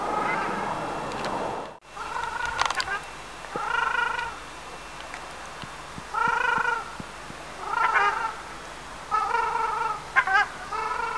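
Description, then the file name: Ruddy shelduck calling repeatedly with loud nasal, goose-like honks, short drawn-out notes coming roughly every second or two, with some clicks between calls. "ogar golos"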